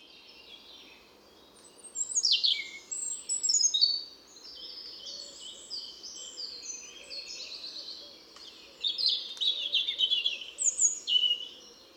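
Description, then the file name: European robin singing several phrases of high, tinkling, warbling notes and trills, with gaps between phrases over a soft low hum. "Erithacus rubecula"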